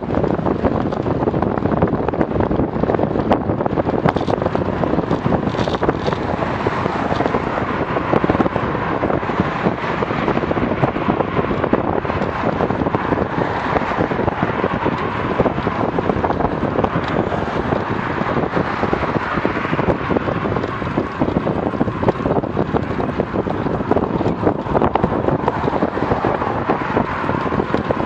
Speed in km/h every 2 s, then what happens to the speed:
33, 33, 32, 31, 30, 29, 28, 28, 27, 27, 27, 28, 28, 29.
0-28 steady at about 28.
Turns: none.